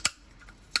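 A plastic piece of the Transformers War for Cybertron Trilogy Quintesson Pit of Judgement toy playset is pushed firmly into the toy base. A sharp plastic click at 0.1 s is followed by quiet faint handling, then a crisp snap at 0.8 s as the piece clips into place and seats.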